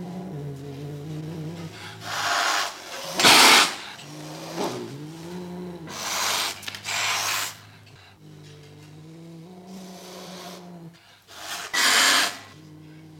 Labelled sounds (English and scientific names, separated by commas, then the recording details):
Serval (Leptailurus serval)
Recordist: Tembrock, Günter